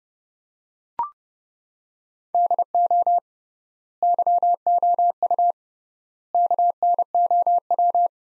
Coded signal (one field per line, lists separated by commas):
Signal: Morse code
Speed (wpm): 32 wpm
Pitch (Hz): 700 Hz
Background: none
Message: DO YOU KNOW